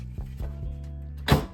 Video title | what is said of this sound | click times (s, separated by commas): A DIY repair for my 1930's typewriter | now before we get excited about this thing let's just pop it back in the case and make sure it locks in place | 1.3 s